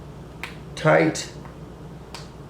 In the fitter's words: number seven place the lid back on the blood collection tube and press down firmly until you hear a click which I did gently